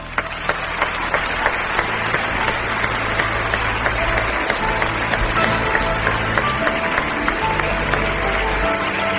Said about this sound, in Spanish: Por favor, con todos ustedes, un fuerte aplauso para la voz en off